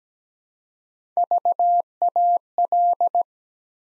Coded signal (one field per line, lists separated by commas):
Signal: Morse code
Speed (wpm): 17 wpm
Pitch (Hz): 700 Hz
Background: none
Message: VAL